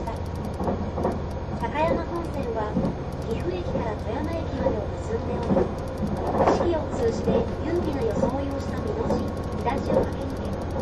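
Train running sound from inside a green car carriage: a steady low engine and motor drone holds evenly under the whole clip. Voices talk on and off throughout, rising a little around the middle, with no sharp bumps or clanks.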